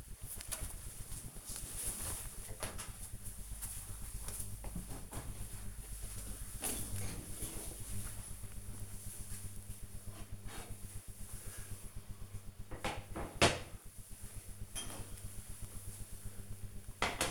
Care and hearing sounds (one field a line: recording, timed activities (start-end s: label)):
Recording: household activities, microphone on the right wrist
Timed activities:
none